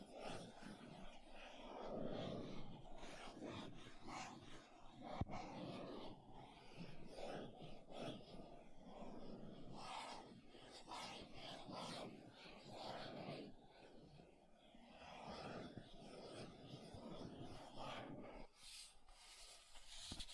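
Makeup tapping and scratching: a dense, busy run of quick taps and rough scratches that continues with little pause for most of the twenty seconds. The sounds are mostly low and mid-toned, with sharper clicks mixed in, and a brief louder knock near five seconds.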